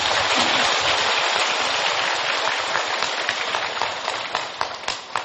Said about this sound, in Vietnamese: Please give a big applause to them. Xin cho một tràng pháo tay thật lớn ạ.